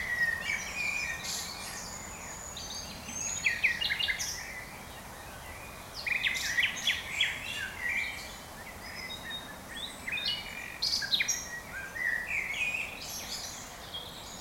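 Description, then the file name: Common nightingale song: varied bursts of sharp chirps, buzzy notes and short whistles in quick irregular phrases, with pauses between, over steady background hiss. "Luscinia megarhynchos"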